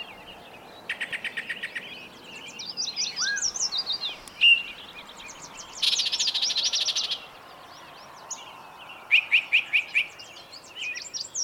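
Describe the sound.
Mixed bird song with rapid buzzy trills, sweet warbled notes and a loud dense rattling burst midway, followed by short repeated chirps.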